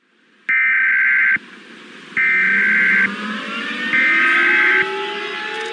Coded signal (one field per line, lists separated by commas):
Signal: Emergency Alert System (SAME) tones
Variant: header bursts